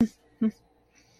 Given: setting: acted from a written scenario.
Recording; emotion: vocal sound without words; amusement